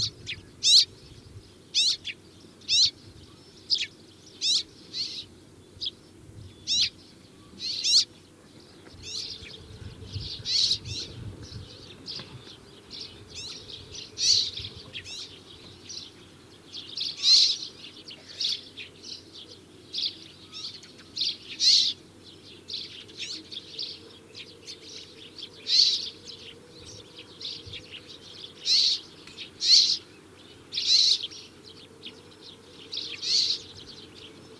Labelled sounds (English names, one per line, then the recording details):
Rock Sparrow call
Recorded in the wild
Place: Wüste Gobi, MN
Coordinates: 42.94, 105.082
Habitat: Desert
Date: 1979-06-01 07:00
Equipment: Nagra III BH, Sennheiser MD 21, parabola
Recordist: Schubert, Michael
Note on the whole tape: Rufe Steinsperling